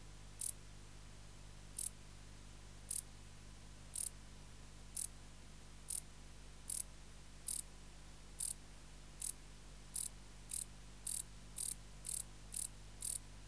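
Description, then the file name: Wart-biter song of crisp, high ticks, spaced about a second apart at first and gradually quickening toward the end. "Decticus verrucivorus"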